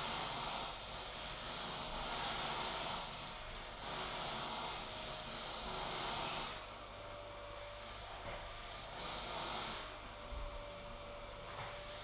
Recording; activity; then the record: daily activity, microphone in the room; vacuum cleaning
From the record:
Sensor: 5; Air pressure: 991.2 hPa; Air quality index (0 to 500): 122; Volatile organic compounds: 47 ppm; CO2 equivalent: 3247 ppm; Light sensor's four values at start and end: 35/113/43/46 and 35/113/43/45